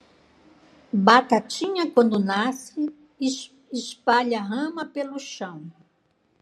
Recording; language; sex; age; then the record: short text; Brazilian Portuguese; female; 60 to 69 years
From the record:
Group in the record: control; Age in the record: 66 years